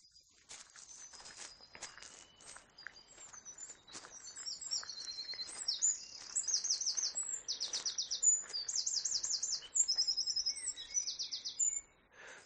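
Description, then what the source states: Eurasian wren song: rapid high-pitched notes broken by several fast, buzzy trills, with other birds chirping and footsteps in the background. Male singing in a bush or hedgerow near Hanwell Meadows at dawn; rapid-fire series of notes ending with a trill that distinguishes the wren; tiny bird said to throw its voice.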